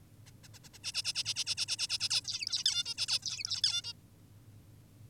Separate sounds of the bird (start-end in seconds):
0.26-0.31, 0.44-0.48, 0.54-0.59, 0.64-0.69, 0.74-0.78, 0.84-0.92, 0.94-1.03, 1.04-1.13, 1.15-1.24, 1.26-1.34, 1.36-1.44, 1.47-1.55, 1.58-1.66, 1.68-1.76, 1.79-1.88, 1.90-1.98, 2.00-2.09, 2.10-2.21, 2.25-2.64, 2.66-2.85, 2.86-2.95, 2.98-3.07, 3.08-3.19, 3.22-3.62, 3.64-3.82, 3.84-3.93